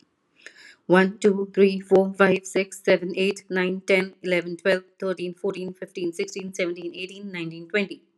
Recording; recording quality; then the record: counting at a fast pace; excellent, no background noise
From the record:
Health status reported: healthy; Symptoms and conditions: asthma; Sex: female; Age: 40 years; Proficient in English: yes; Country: India